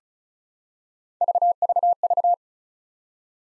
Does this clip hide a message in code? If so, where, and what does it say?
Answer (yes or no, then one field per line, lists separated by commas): no